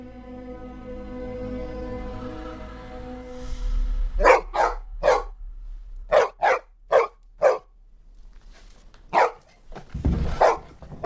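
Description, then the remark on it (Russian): A steady droning tone fades out, then a dog running toward a grove barks loudly about ten times in short, uneven bursts, some in quick pairs, with brief silences between them. “Собака бежит в сторону рощи.”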